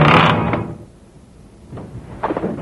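A door rattles open as someone arrives, with a loud, brief mechanical clatter, followed by a short hush and then a few sharper clicks and knocks of the latch and frame.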